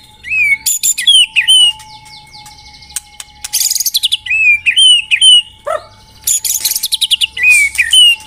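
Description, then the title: White-rumped shama song, clear whistled phrases alternating with rapid harsh chattering bursts and sweeping notes, over a faint steady hum. White-rumped shama song used as a lure (pikat). "Pikat Murai Batu"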